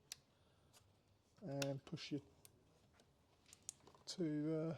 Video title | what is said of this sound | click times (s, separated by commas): Toyota RAV4 2.2 Diesel (2015) - Air Filter Change | just push that in until it clicks | 0.1 s